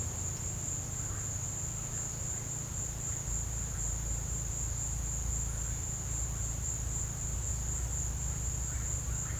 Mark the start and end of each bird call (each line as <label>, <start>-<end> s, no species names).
bird call, 8.74-9.39 s